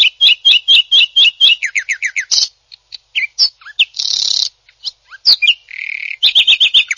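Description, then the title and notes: Greater green leafbird song with quick repeated whistled notes, downslurred chirps and a harsh buzzy burst, varied and fast-paced throughout. Described as a champion songbird. "Kicau Burung Cucak Ijo Juara. Suara kicauan burung cucak ijo"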